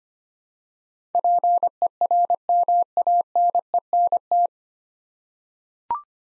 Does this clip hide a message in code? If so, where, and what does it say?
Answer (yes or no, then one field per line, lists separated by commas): yes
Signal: Morse code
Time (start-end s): 1.1-4.5 s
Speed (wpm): 25 wpm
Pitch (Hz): 700 Hz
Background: none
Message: PERMANENT